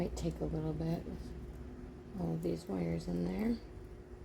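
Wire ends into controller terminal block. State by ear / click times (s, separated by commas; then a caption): not seated / none. Wire ends are being worked into the spring terminals of the terminal block on a router table controller while someone talks. Nothing has seated or clicked yet.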